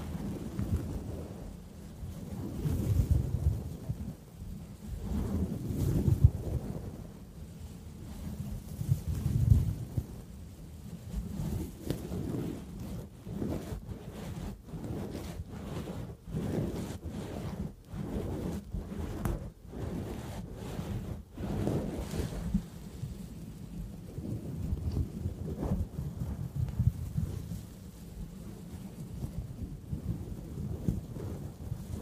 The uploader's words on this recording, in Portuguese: SEM FALAS - NO TALKING. ASMR sem falas com sons de tapping, scratching, sons de boca, pincel na tela e muito mais.